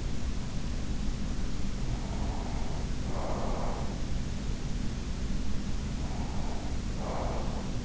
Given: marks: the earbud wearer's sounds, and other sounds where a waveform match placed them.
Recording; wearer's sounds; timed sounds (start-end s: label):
sounds in sleep by an in-ear microphone; breath
1.80-4.02 s: breath
5.92-7.85 s: breath